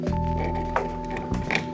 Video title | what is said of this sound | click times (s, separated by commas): Unboxing & Setup of the Bambu Lab P1S - Full Step-by-Step Beginner Guide (2025) | There it goes. And again, you'll physically hear that click when it gets in there. | 1.5 s, 1.6 s